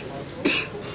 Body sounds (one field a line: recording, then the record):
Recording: coughing mixed with background sound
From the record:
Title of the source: 64 coughing, allergies, singing lungs